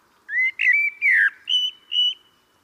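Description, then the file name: Common blackbird giving a flowing whistled phrase: a rising note, a slurred descending sweep, then two higher, even whistles. "Turdus merula"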